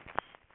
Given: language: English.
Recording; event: throat vibration sensor signal played as sound; swallow